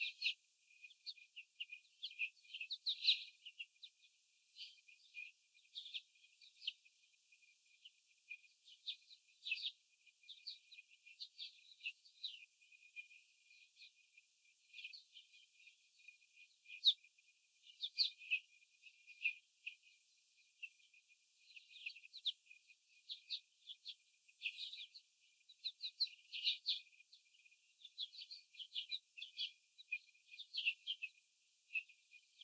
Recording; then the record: young laying hens in a cage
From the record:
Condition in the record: after the stressor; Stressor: sudden umbrella opening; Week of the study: 3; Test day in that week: 2